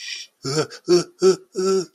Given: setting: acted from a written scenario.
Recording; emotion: vocal sound without words; distress